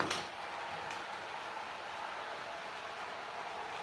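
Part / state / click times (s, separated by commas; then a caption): model railway track section joining another track section / not seated / none. A Bachmann plastic-roadbed model railway track section is pushed toward the next track piece, giving a sharp knock at 0.0 s and another at 0.1 s as it hits, followed by steady broadband noise. The section does not fit, and nothing has seated or clicked yet.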